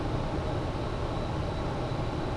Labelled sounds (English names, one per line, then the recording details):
Great Tit
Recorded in Germany
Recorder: ecoPi